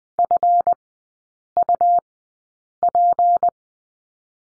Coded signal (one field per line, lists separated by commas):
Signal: Morse code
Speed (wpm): 20 wpm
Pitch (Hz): 700 Hz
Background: none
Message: FUP